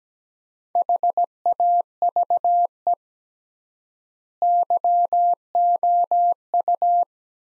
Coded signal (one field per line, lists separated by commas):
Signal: Morse code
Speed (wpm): 17 wpm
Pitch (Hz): 700 Hz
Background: none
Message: HAVE YOU